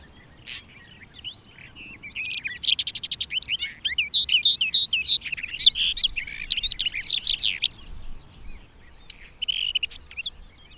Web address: Madardalok Cd 2 Karvalyposzáta